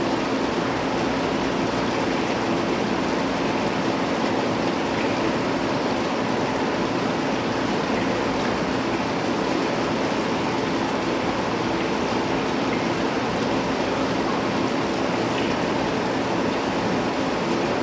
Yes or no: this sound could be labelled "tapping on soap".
no